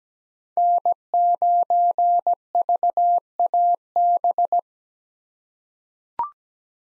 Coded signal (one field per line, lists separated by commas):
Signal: Morse code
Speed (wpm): 17 wpm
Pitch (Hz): 700 Hz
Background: none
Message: N9VAB